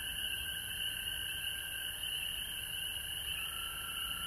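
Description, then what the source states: Frogs in a dense chorus, a steady unbroken high trilling wall of calls with several pitch layers, holding level throughout. Recorded at home in Georgia on March 19, 2020.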